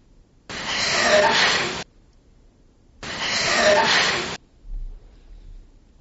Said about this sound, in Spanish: que la respiración escuchada así pone los pelos de punta, seccionada la psicofonía, escuchamos de nuevo esa respiración que, por cierto, parece es que alguien que está, no sé, respirando muy mal, y el fuera ahora es, no voy a decir nítido, pero está.